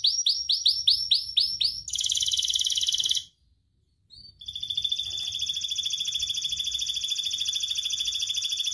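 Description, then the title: Canary song: quick rising swept notes, an intense buzzing trill, brief silence, then a long steady rolling trill held for several seconds. Actively singing canary ('kenari gacor') with its best 'cengkok' ornamented phrasing and richest 'isian' fill-in material, from Indonesian songbird-keeping hobby (kicaumania) circles. "Kenari Gacor Cengkok Terbaik Isian Paling Mewah Kenarigacor Kicaumania Kenari"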